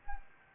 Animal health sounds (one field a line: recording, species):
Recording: mosquito wingbeat signal from an infrared sensor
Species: Anopheles gambiae